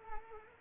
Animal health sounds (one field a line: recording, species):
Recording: mosquito wingbeat signal from an infrared sensor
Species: Culex quinquefasciatus